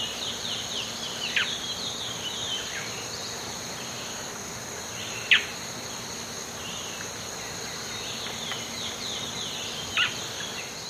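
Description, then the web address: Black-billed Seed-Finch call: three sharp, high notes spaced several seconds apart over a steady buzzing insect chorus. Ecuador. "Birds of Ecuador Black-Billed Seed-Finch"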